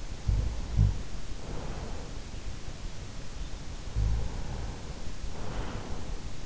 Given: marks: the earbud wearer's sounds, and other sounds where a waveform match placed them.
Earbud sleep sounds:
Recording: sounds in sleep by an in-ear microphone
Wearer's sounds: snoring breath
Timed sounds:
0.04-2.38 s: snoring breath
3.67-6.46 s: snoring breath

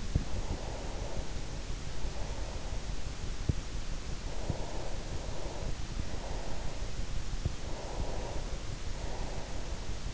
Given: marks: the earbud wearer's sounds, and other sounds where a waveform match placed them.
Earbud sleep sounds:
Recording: sounds in sleep by an in-ear microphone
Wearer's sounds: breath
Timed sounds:
0.00-3.50 s: breath
4.28-7.14 s: breath
7.66-10.13 s: breath

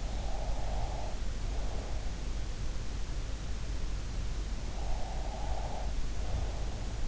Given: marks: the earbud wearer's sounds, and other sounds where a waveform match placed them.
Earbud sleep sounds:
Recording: sounds in sleep by an in-ear microphone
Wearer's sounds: breath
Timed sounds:
0.00-2.36 s: breath
4.71-7.01 s: breath

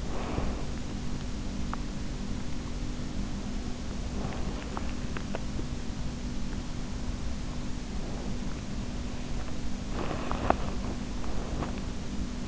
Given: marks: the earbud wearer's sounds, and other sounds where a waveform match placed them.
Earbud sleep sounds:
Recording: sounds in sleep by an in-ear microphone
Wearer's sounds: breath, teeth grinding, swallowing, body movement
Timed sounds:
0.00-0.95 s: breath
1.46-1.94 s: teeth grinding
4.59-5.62 s: swallowing
9.65-12.48 s: body movement

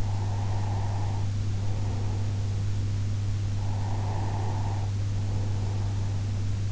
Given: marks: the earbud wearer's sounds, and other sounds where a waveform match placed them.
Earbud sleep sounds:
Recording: sounds in sleep by an in-ear microphone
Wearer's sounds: breath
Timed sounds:
0.00-2.55 s: breath
3.65-6.59 s: breath

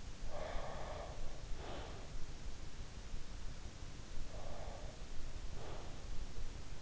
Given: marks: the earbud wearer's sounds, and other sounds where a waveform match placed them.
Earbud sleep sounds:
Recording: sounds in sleep by an in-ear microphone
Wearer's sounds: breath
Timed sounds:
0.35-2.09 s: breath
4.26-5.94 s: breath

